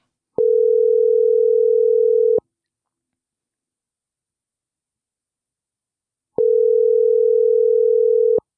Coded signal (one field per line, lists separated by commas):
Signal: telephone call progress tone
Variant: North America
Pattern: ringback tone